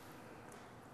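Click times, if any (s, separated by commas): none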